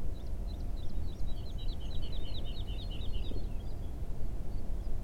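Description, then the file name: Woodlark song: a phrase of sweet, liquid notes, each slurring downward, over a steady low rumble. Recorded on 28 February 2022. "Alouette lulu 2022-02-28"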